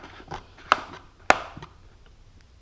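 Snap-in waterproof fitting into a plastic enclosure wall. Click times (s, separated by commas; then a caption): 0.7 s, 1.3 s. A snap-in waterproof fitting (cable gland or connector) is pushed into a hole drilled in a plastic tackle box, which will serve as the enclosure for a PWM controller for a Bonafide SS107, and is then tightened down. Two sharp hits are heard at 0.7 s as it snaps in and at 1.3 s as it is tightened, followed by faint small sounds. The fitting ends up seated and locked into place.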